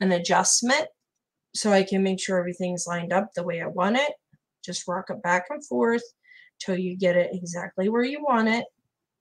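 Someone talks while a metal earring wire loop is rocked back and forth with pliers to line its ends up. The loop is still being handled, and nothing has clicked closed or seated yet.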